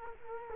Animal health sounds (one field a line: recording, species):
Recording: mosquito wingbeat signal from an infrared sensor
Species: Culex quinquefasciatus